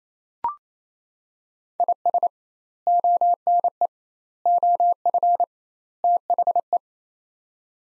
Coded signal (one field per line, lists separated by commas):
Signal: Morse code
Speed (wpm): 28 wpm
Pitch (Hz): 700 Hz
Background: none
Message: IS ONE OF THE